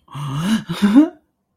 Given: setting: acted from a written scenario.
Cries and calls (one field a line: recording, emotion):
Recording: vocal sound without words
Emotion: elation